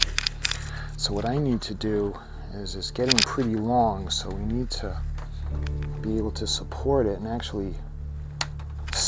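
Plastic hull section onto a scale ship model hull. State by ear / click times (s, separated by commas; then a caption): seated / 8.4 s. Someone talks over a low background hum while pressing a plastic hull section onto the hull of an AGORA Models 1/200 scale R.M.S. Titanic model. The piece snaps into place with a sharp click at 8.4 s and is seated.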